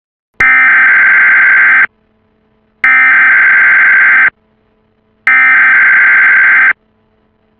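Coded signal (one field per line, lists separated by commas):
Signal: Emergency Alert System (SAME) tones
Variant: header bursts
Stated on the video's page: Simulated SAME tones made for an alternate reality game; not a real alert.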